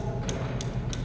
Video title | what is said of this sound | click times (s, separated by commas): CCHS Climbing Wall | do you hear that click you've got to click it for safety | 0.3 s, 0.6 s, 0.9 s